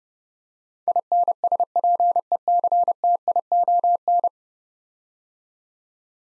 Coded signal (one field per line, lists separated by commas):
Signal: Morse code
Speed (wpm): 30 wpm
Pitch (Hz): 700 Hz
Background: none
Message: INSPECTION